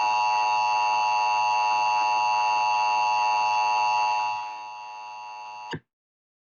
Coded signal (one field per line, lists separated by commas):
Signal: Emergency Alert System (SAME) tones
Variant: 853 and 960 Hz attention tone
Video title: Required Monthly Test for March on Charter Spectrum (EAS #204)